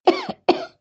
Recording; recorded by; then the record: voluntary cough; messaging app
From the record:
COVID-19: negative